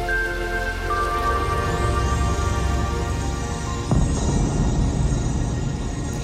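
Steady rain pours in a dense, continuous hiss, with faint sustained tones humming underneath and a brief louder swell around the middle.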